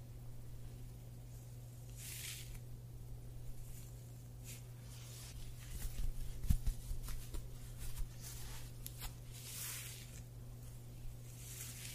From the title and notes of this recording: ASMR Scalp Massage of Dreams.